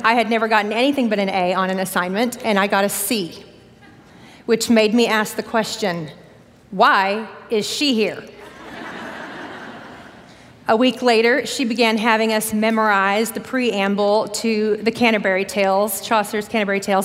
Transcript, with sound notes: I had never gotten anything but an A on an assignment, and I got a C, which made me ask the question, "Why is she here?" (laughter) A week later she began having us memorize the preamble to Chaucer's Canterbury Tales...